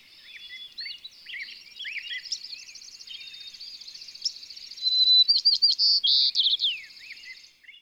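White-crowned sparrow song: a clear whistled note, then a loud buzzy, stuttering phrase near the end, over a busy chorus of other high-pitched birds chirping throughout.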